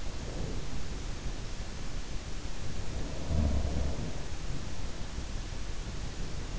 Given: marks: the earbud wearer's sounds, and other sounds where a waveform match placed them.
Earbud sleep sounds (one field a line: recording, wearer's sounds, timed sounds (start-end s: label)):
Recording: sounds in sleep by an in-ear microphone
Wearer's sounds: breath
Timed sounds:
0.04-1.95 s: breath
2.55-4.59 s: sound from someone else or the room